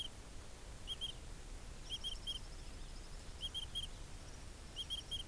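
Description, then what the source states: Insect chirps, short bursts of two or three high, clicky pulses repeated at uneven intervals over a steady low rumble. Recorded in a pasture.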